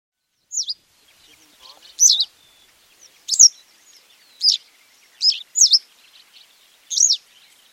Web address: western yellow wagtail wagtail call